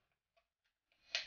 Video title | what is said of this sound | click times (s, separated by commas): APS UAR Urban Assault Rifle Airsoft AEG Overview | there swamped over to the other side locks | 1.1 s